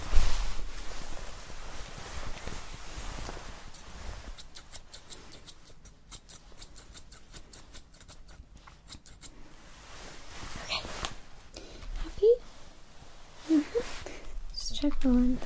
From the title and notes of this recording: ASMR Hair Salon Experience Colour Cut & Styling Layered Sounds.